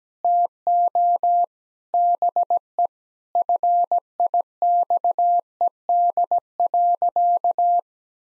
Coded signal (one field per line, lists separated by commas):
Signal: Morse code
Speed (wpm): 17 wpm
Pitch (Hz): 700 Hz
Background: none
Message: TO BE FIXED.